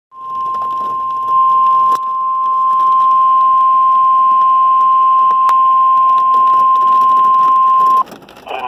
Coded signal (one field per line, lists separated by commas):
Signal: Emergency Alert System (SAME) tones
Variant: 1050 Hz attention tone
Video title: EAS- Severe thunderstorm warning (KDO89)